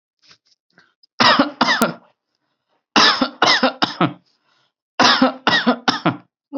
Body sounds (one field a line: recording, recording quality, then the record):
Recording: heavy voluntary cough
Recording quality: excellent, no background noise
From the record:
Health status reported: healthy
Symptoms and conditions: none ticked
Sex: male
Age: 29 years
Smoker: not ticked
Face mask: not worn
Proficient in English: no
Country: India